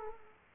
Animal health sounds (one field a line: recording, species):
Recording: mosquito wingbeat signal from an infrared sensor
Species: Aedes aegypti